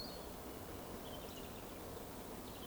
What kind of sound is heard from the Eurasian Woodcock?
whistle